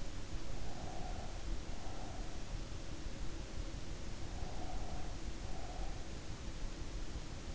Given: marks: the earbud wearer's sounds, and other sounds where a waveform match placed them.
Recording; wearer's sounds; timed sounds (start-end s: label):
sounds in sleep by an in-ear microphone; breath
0.75-2.57 s: breath
4.49-6.26 s: breath